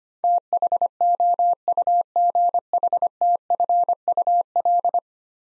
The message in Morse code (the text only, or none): THOUGHTFUL